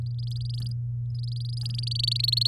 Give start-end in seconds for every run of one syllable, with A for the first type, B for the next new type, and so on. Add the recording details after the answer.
0.18-0.72 A, 1.15-2.47 A. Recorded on 7 May 2018 at 14:52. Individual llb16